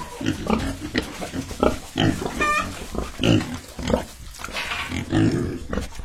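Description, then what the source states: Domestic pigs grunting repeatedly in low rough pulses, with a brief higher squeal. Pigs in a large, systematic family-built pig farm, recorded during a visit.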